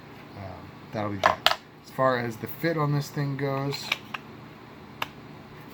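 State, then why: Seated. A fixed-blade knife is pushed into a custom molded Kydex sheath while someone talks about the fit. Once the talk ends, a sharp click at 4.2 s is followed by a small, modest click at 5.0 s as the retention catches and the knife snaps into the sheath, seated.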